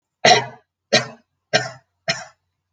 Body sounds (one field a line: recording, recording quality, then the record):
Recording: shallow voluntary cough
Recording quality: excellent, no background noise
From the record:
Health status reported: healthy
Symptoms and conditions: hypertension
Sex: female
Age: 66 years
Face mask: not worn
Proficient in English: yes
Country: India